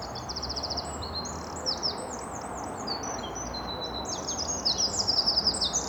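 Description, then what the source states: Eurasian wren song: continuous high twittering and rapid trills, building into a louder trill near the end, over steady hiss. At least two wrens singing, with trills.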